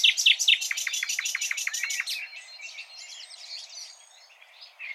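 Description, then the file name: Common nightingale song: a burst of sharp repeated notes dropping in volume, then quieter scratchy twitters and thin high whistles trailing off. "Luscinia megarhynchos"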